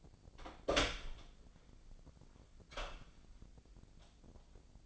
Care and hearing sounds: daily activity, microphone in the room; open door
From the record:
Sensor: 5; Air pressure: 1009.3 hPa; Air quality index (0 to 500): 164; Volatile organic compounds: 2 ppm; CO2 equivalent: 1252 ppm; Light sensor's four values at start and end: 129/302/130/140 and 128/300/129/139

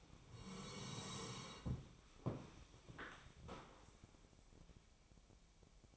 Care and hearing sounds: daily activity, microphone in the room; sit down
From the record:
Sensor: 1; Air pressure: 1000.5 hPa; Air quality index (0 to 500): 175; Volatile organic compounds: 4 ppm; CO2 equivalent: 1618 ppm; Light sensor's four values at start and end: 11/27/11/12 and 11/27/11/12

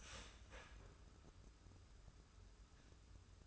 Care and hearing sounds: daily activity, microphone in the room; start toaster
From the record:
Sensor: 2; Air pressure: 994.3 hPa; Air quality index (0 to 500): 204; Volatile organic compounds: 1000 ppm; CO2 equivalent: 6721 ppm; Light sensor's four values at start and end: 85/198/82/80 and 85/198/82/80

